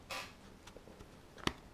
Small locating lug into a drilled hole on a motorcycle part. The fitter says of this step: there you go you can feel it just snap into place place and close up and stop it moving